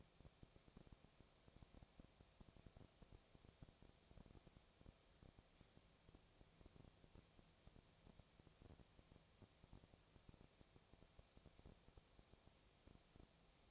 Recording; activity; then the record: daily activity, microphone in the room; no activity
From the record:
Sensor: 1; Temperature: 19.8 degrees Celsius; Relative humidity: 37.9%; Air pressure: 998.8 hPa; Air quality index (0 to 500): 233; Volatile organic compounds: 134 ppm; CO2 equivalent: 3949 ppm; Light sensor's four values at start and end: 1/2/1/1 and 1/2/1/1